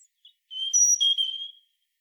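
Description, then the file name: European robin: songbird giving a single high, thin whistled note held for about a second, with faint higher overtones, after a tiny faint note. "Erithacus rubecula"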